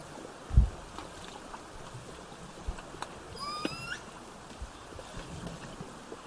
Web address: SRKW bouts 240917-1700-OS-L 90 calf 240917-1632-1750-OS-L 90 calf